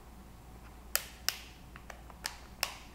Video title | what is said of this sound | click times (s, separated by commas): HTC EVO 3D Luxmo Premium 2-in-1 Silicone Cover w. Shell | make sure everything snaps into place | 1.0 s, 1.3 s, 2.6 s